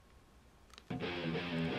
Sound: click